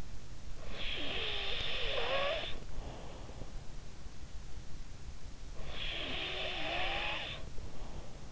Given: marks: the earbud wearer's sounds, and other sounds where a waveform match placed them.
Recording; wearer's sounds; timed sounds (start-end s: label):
sounds in sleep by an in-ear microphone; snoring breath
0.60-3.35 s: snoring breath
5.55-8.32 s: snoring breath